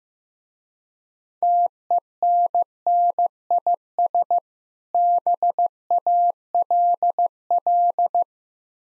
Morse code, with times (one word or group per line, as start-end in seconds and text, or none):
1.4-4.4 TENNIS
4.9-8.2 BALL